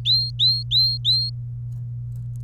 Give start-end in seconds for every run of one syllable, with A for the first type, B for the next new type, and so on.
0.05-1.30 A